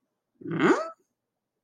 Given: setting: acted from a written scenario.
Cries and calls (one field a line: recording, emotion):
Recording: vocal sound without words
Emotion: confusion